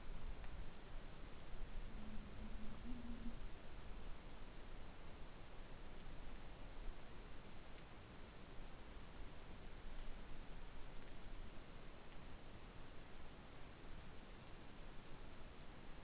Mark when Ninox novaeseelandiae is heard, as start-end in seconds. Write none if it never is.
none